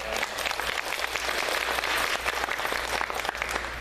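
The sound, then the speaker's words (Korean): A church audience applauds the pastor who delivered the sermon, many hands clapping in a dense, continuous crackle that stays fairly even in loudness across the whole few seconds, with no voices standing out. “한번 박수하실까요?”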